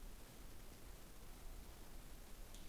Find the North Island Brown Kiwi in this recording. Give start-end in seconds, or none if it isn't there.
none